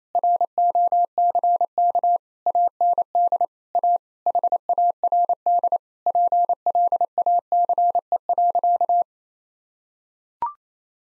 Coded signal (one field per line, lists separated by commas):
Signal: Morse code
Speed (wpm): 28 wpm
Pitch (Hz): 700 Hz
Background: none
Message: ROCK AND A HARD PLACE.